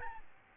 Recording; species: mosquito wingbeat signal from an infrared sensor; Aedes albopictus